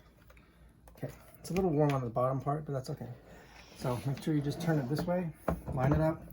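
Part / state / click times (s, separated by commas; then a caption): mower battery into charger / not seated / none. A Ryobi 40V push lawnmower battery, a little warm on the bottom, is turned the right way and lined up with its charger while someone talks, with a few faint small knocks early on. The battery has not yet been pushed in, and nothing has clicked or seated yet.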